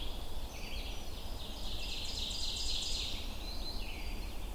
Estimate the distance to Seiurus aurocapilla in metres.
about 45 m